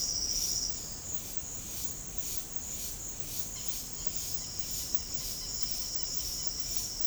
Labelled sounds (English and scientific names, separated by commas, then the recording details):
American Purple Gallinule (Porphyrio martinica)
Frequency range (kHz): American Purple Gallinule (Porphyrio martinica) 0.6-5.6 kHz
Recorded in dense forest near Puerto Asís, Putumayo, Colombia, on 21 February 2024 at 08:00
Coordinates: 0.487, -76.319
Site G6403